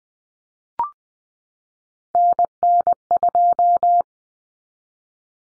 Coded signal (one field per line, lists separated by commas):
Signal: Morse code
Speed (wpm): 20 wpm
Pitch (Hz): 700 Hz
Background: none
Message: NN2